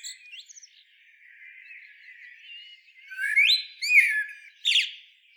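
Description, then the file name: Eurasian blackbird song, quiet low warbling that leads into loud, rising fluted notes and a final burst of shrill twittering. "Turdus merula"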